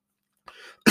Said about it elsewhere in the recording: I apologize for the coughing. when I talk too much, my throat gets really dry.